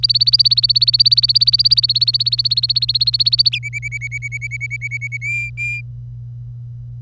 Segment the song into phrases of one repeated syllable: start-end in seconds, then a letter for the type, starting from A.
0.03-3.58 A, 3.63-5.17 B, 5.21-5.81 C